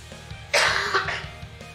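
One harsh, dry cough from an adult man with a throat cold, followed by a short second burst, against faint room hum.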